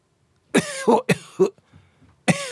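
An adult imitates a cough as if checking for a cold: a quick series of short, breathy coughs that sound more like "ff" than "oh-ho".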